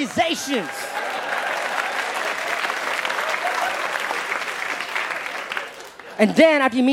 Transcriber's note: soundbite of applause; soundbite of laughter